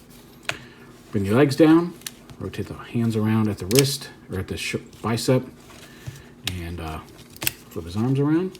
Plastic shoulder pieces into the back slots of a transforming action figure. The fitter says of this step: So when you push all this together, these black shoulder pieces lock into place.